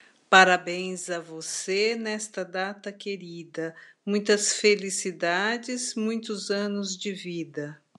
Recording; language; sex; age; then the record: short text; Brazilian Portuguese; female; 50 to 59 years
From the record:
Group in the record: control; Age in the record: 54 years